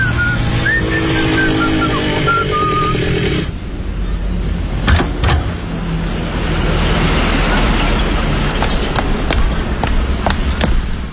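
A sapphire-blue motorbike engine hums steadily while the courier riding it whistles a lively tune on a spring Sunday afternoon, then the whistling stops and a louder, rougher rush of engine and road noise takes over with a few sharp clanks as he rides up to a company's front desk.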